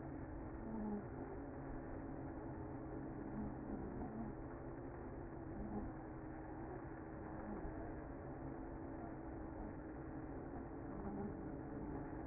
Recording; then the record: honeybee colony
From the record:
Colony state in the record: active